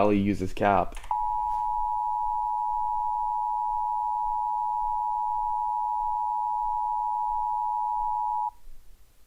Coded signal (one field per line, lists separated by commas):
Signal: Emergency Alert System (SAME) tones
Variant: 853 and 960 Hz attention tone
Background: speech